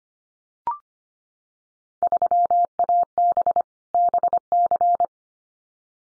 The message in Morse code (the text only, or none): 3AB BC